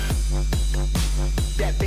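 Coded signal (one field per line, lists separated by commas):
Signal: none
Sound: game music beeps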